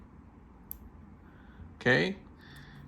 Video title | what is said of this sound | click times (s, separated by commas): Decoder Installation for Audi B9/C8 airbags | There should be an audible click. | 0.7 s